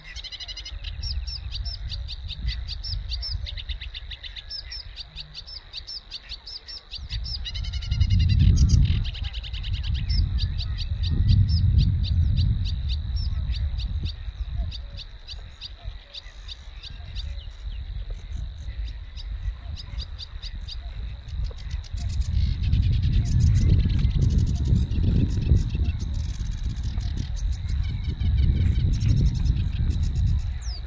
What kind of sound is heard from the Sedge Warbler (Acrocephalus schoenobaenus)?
song